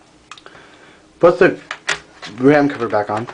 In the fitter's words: push it down until you hear a click then you're good